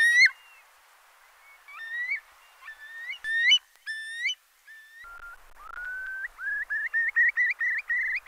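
Eurasian curlew calls: scattered loud upslurred whistles, then a long rising note leading into a quickening run of bubbling rising whistles.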